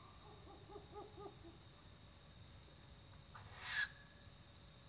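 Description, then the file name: Hume's owl giving a quick run of soft pulsed hoots early on, later a brief sharp sound, over a steady high insect drone. Male, female and nestling together, an encounter with various calls including pulsed hooting. "Humes Owl Male Female Nestling Encounter With Various Calls Including Pulsed Hooting"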